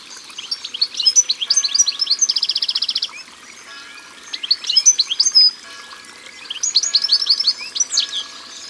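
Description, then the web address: European goldfinch song, a lively tinkling twitter running into a dry, buzzy trill, then more twittering phrases after pauses. Sung by the water. "Chardonneret elegant Au bord de leau. album au-bord-de-leau"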